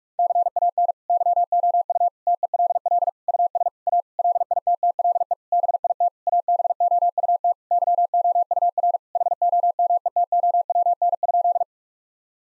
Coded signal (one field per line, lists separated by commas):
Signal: Morse code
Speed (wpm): 41 wpm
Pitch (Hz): 700 Hz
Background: none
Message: CAN YOU TELL US A LITTLE BIT ABOUT YOUR HOMETOWN?